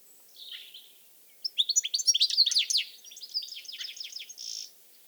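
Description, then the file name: European goldfinch twitter, a soft opening note followed by a rapid cascade of bright chirping and tinkling notes, ending with a buzzy wheeze. "Carduelis carduelis"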